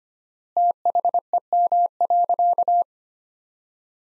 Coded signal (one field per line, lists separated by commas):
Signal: Morse code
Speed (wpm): 25 wpm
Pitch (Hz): 700 Hz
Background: none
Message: THEM.